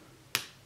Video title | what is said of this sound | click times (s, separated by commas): HOW TO: Keyboard Repair / Change Keyboard Layout - Replace Keys @ HP Probook [English] | was the click so it is now installed and in the next step we | 0.4 s